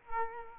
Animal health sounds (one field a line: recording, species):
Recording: mosquito wingbeat signal from an infrared sensor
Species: Culex quinquefasciatus